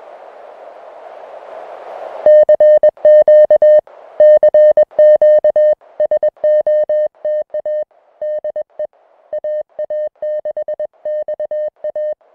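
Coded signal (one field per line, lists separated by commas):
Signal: Morse code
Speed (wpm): 21 wpm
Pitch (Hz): 610 Hz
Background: music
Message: CQ CQ SOTA DE AA6XA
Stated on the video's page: Unedited CW contact audio from a Summits on the Air QRP activation of a mountain summit.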